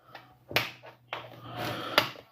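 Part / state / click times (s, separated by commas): plastic top cover clips into laptop base / seated / 0.6 s, 1.1 s, 2.0 s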